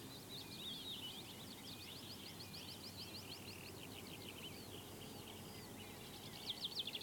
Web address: Sound Effects-BBC Birds Larks. stonechat singing with chaffinch and skylarks in background